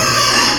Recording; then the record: squeal of a Yucatan mini pig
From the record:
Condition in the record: before surgery on the right vocal fold (resection and tissue-engineered implant); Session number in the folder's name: 2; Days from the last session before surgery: 0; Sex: male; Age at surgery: 12 weeks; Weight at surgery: 13 kg